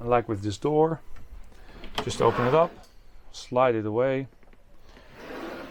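A sliding interior door in a Furgok X-Lounge 600+ camper van is opened and slid across toward its wall catch while someone talks. The clip ends before the door is fastened into its holder, so nothing has seated or clicked yet.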